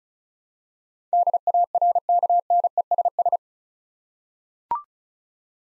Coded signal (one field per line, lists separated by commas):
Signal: Morse code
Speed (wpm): 36 wpm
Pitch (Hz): 700 Hz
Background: none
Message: DARKNESS